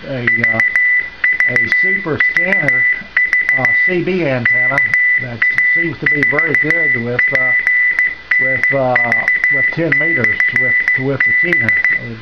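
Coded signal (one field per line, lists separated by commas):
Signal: Morse code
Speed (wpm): 15 wpm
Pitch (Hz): 2000 Hz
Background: speech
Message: VVVV KA4PNV/B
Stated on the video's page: 10-meter amateur CW beacon in the 28.200–28.300 MHz segment.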